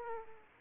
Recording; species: mosquito wingbeat signal from an infrared sensor; Aedes aegypti